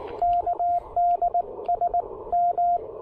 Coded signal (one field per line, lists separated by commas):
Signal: Morse code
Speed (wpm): 19 wpm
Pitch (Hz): 690 Hz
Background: radio noise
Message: KD S M